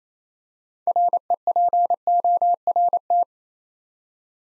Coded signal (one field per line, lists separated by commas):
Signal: Morse code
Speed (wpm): 27 wpm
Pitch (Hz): 700 Hz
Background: none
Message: REPORT